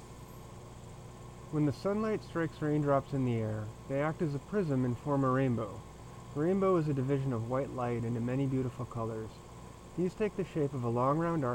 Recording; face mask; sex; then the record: reading aloud; surgical mask; male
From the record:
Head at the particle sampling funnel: turned sideways, cheek in front of it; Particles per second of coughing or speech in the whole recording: 1.54